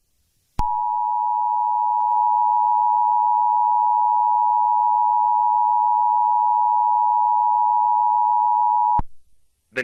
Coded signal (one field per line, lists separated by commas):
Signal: Emergency Alert System (SAME) tones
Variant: 853 and 960 Hz attention tone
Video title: The "Spiral" Of Death (TORNADO EAS SCENARIO)